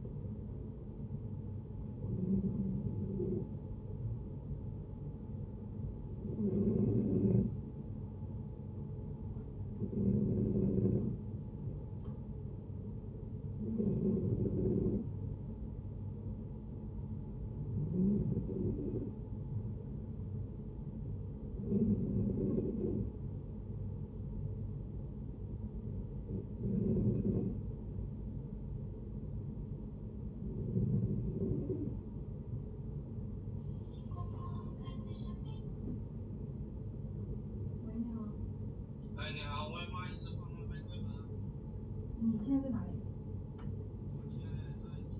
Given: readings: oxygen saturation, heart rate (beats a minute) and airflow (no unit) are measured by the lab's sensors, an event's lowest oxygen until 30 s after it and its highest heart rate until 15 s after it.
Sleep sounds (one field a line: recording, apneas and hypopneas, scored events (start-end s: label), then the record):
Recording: breathing in sleep by a smartphone at the bedside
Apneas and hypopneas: 1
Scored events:
24.00-39.30 s: hypopnea (scored as awake, oxygen 91% highest, then 90% lowest, heart rate 65 at the start, 74 highest)
24.00-45.20 s: awake
24.00-45.20 s: new sleep stage, awake
From the record:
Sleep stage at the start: N2 (light sleep)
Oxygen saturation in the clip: 90 to 91%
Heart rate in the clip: 60 to 73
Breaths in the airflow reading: 11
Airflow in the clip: -7.2 to 8.2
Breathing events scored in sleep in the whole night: 496 in 5.4 hours asleep